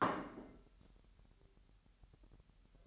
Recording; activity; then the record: daily activity, microphone in the room; place plate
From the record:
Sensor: 3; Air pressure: 1002.0 hPa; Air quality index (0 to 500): 247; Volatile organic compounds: 51 ppm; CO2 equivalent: 3314 ppm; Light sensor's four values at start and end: 12/36/16/13 and 12/37/16/13